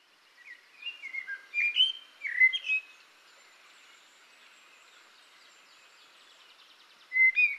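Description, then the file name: Eurasian blackbird's fluty, varied whistled notes in quick succession, several seconds of near silence, then a single clear note. "Turdus merula"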